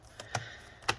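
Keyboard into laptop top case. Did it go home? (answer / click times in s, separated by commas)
yes / 0.9 s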